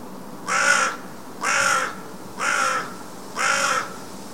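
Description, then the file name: Carrion crow calling four evenly spaced, coarse grating caws, roughly one each second, over a quiet background. "Corvus corone"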